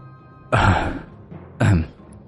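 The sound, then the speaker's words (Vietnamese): An old man gives two harsh, rasping coughs, about a second apart, each a loud burst that trails off, with no talking around them. “Lão Sam ho khụ khụ, nuốt nước bọt rồi nói tiếp.”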